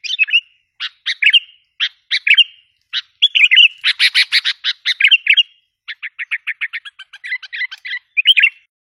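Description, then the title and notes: Sooty-headed bulbul singing lively chirped notes, first spaced out, then in a dense burst, then a fast run of short even notes before more warbled phrases. "Kicau Burung Kutilang"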